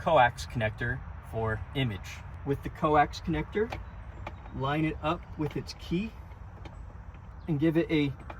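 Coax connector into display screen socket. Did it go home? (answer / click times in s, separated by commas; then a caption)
no / none. Someone talks while handling the coax image connector for the dash display screen of a Fisker Ocean, lining it up with its key to push it firmly into its socket. A brief faint tap is heard at about 6.7 s, but the clip ends before the connector goes home, and nothing has seated or clicked yet.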